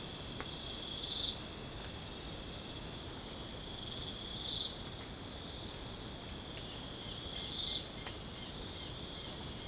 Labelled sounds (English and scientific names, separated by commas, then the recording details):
none
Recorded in secondary vegetation near Puerto Asís, Putumayo, Colombia, on 21 December 2024 at 04:30
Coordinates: 0.499, -76.323
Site G010